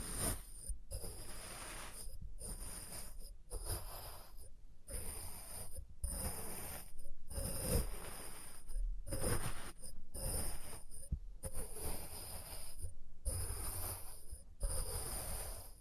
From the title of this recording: Experimental Triggers in Test Tubes